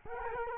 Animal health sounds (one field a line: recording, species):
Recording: mosquito wingbeat signal from an infrared sensor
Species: Culex quinquefasciatus